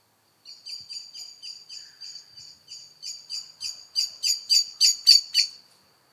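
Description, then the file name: Eurasian blackbird delivering a long, steady series of hard clicking notes that grows louder toward the end, about four notes per second. "Turdus merula"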